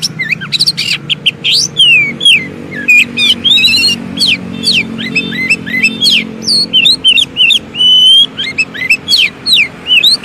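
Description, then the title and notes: Oriental magpie-robin song: continuous varied whistles, slurred notes and sharp chips, delivered in quick succession throughout with a faint low hum beneath. Long-duration fill-in song for training magpie-robins to sing actively day and night. "Kacer Jadi Gacor Siang Malam. Isian Kacer Durasi Panjang"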